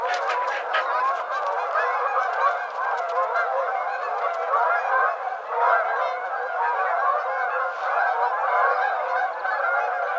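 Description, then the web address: Canada goose: canada geese honking in a large chorus, loud overlapping nasal calls throughout, with a few brief sharp clicks near the start. Recorded on 7 February 2007. "Canada Goose 2007 02 07"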